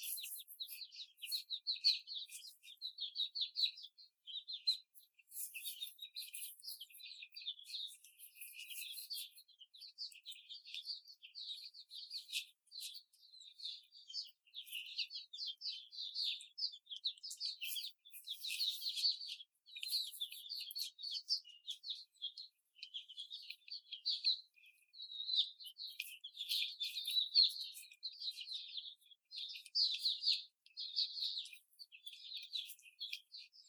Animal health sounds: young laying hens in a cage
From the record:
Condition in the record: before the stressor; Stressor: simulated dog barking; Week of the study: 4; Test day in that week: 2

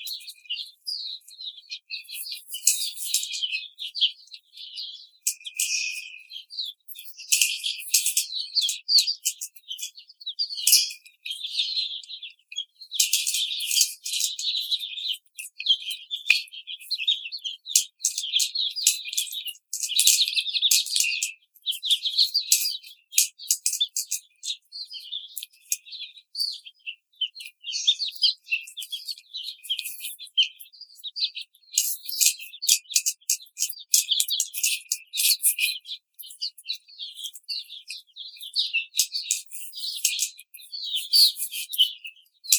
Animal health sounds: young laying hens in a cage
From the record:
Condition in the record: treatment cage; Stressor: simulated dog barking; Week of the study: 5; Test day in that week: 1

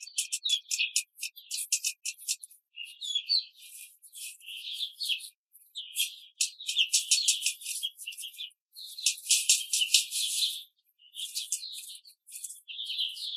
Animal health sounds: young laying hens in a cage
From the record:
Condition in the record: control cage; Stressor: none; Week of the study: 5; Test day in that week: 1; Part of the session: 4

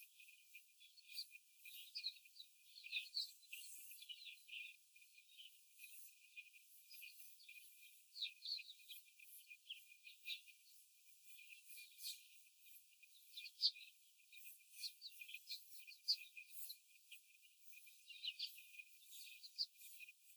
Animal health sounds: young laying hens in a cage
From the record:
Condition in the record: before the stressor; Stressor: simulated dog barking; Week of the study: 4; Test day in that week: 1

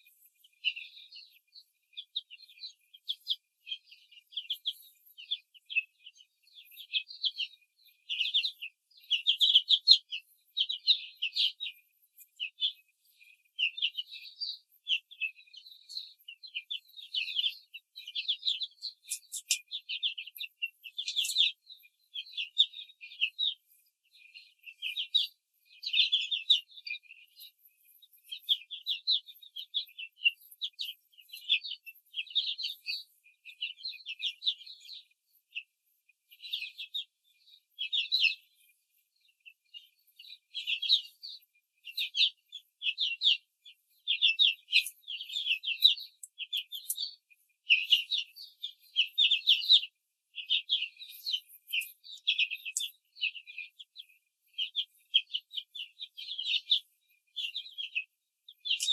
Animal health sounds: young laying hens in a cage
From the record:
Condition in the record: control cage, before the stress test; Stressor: none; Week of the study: 4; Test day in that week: 1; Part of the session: 2

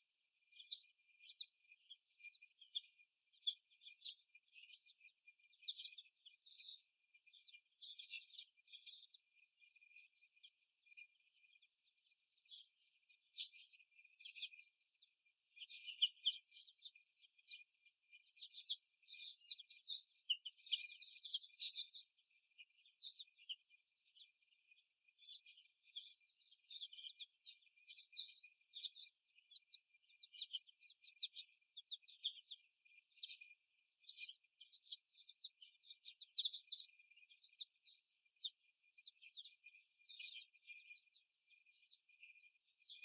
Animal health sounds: young laying hens in a cage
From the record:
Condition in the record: after the stressor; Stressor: simulated dog barking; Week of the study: 1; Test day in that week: 1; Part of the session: 1

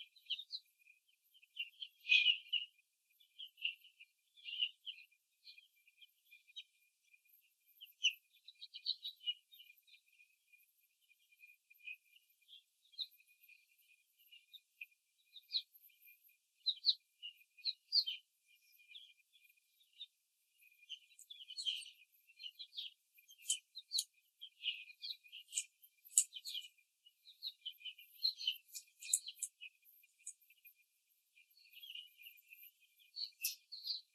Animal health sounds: young laying hens in a cage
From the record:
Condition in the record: after the stressor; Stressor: simulated dog barking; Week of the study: 3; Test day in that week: 1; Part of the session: 4

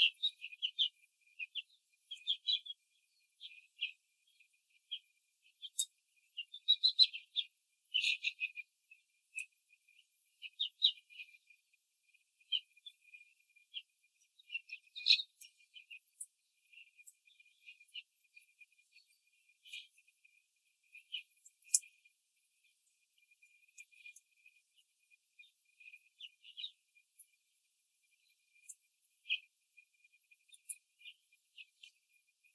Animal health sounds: young laying hens in a cage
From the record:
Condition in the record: control cage, after the stress test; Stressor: none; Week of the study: 4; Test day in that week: 3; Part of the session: 2

